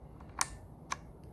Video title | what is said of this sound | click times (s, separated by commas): How to Remove Keycaps on Corsair K70 MK2 Keyboard For Cleaning | should you should hear a small click | 0.4 s